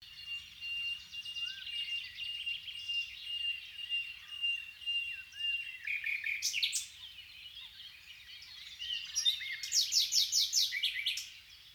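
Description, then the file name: Common nightingale song: a burst of loud, fast, repeated notes, then later a rapid pulsed series. "Luscinia megarhynchos"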